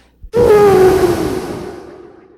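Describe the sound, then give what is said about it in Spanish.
A person imitates an elephant's trumpet with a sudden, loud, brassy blare that holds a strained tone for under a second, then fades into a breathy, rasping tail. “Pero de pronto sí vi que estaba lejos de mí y estiraba su trompa en dirección a mí. Y me hacía así.”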